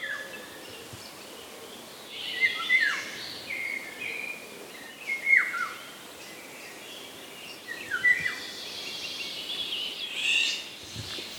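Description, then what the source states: Eurasian golden oriole mewing: harsh, cat-like notes slurring sharply downward, repeated every few seconds over background noise. Cat-like mewing, given by males and more often by females; a contact call that also shows some aggression when two males meet.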